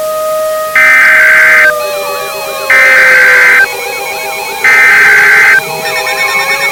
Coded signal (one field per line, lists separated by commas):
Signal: Emergency Alert System (SAME) tones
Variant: header bursts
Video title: EAS Scenario: Climate Calamity